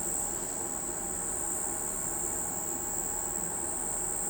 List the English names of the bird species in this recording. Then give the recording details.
none. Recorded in pastures near Pivijay, Magdalena, Colombia, on 15 April 2023 at 05:00. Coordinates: 10.456, -74.369. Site P6-G026